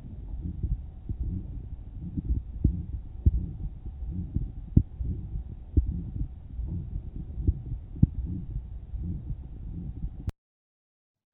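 Regular heartbeat, roughly 70 a minute, with a harsh, crescendo systolic murmur filling the gap after each first sound, over a faint steady hum. The murmur of aortic stenosis, heard with a digital stethoscope over the left lower sternal border and the right base of the heart in a 72-year-old man with diabetes, CKD stage 3, dyspnea on exertion and occasional presyncope.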